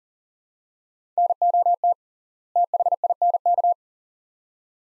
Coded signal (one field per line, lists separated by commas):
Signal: Morse code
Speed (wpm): 40 wpm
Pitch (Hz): 700 Hz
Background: none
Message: NOT THINK